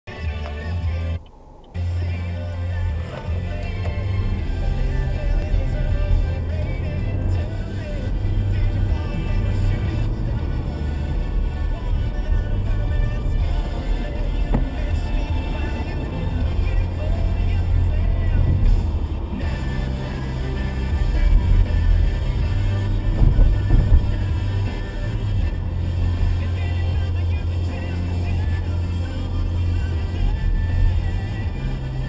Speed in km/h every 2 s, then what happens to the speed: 0, 13, 26, 37, 42, 47, 53, 60, 60, 60, 53, 48, 44, 44, 44, 44.
0-14 pulls away to 60. 18-24 slows to 44. 24-32 steady at about 44.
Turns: none.